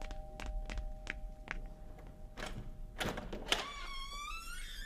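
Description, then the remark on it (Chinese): Several sharp knocks land in an uneven sequence as a visitor arrives at the door, followed by a louder clunk and a rising, ringing creak as the door is opened for them, over a faint steady hum. “哎，来人了吗？ 开门去。”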